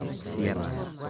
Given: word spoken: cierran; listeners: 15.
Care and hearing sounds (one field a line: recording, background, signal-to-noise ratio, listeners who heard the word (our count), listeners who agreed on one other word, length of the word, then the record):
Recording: one Spanish word in noise, from a listening test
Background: eight-talker babble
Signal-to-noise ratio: -0.3 dB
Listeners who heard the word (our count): 0 of 15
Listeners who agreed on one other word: 6 of 15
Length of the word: 0.70 s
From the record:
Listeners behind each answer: 6, 4, 1, 1, 1, 1, 1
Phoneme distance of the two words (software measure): 10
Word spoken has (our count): 2 syllables, 6 phonemes, stress on syllable 1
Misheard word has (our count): 2 syllables, 6 phonemes, stress on syllable 1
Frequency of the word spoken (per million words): 6.79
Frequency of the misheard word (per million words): 0.45